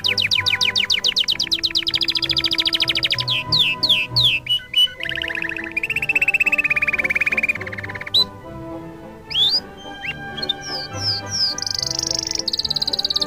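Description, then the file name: Canary song, fast repeated trills stepping down in pitch, sharp chirps and rising whistles, then a high buzzy roll, with soft music beneath. Canary song mixed with music. "suara kenari dan musik"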